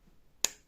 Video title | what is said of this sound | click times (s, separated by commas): unboxing #fgoby #crossstitch #unboxing #crossstitchaddict #diy #pointdecroix | clips, c'est pour dire que notre petit tube est bien fermé. | 0.5 s